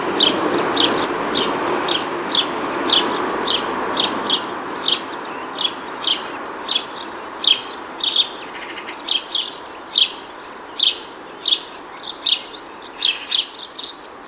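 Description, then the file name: House sparrow chirping in a steady series, one or two notes each second, with a low rumble in the first few seconds fading to quieter background hiss. "Passer domesticus"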